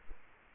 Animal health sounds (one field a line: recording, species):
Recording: mosquito wingbeat signal from an infrared sensor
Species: Culex quinquefasciatus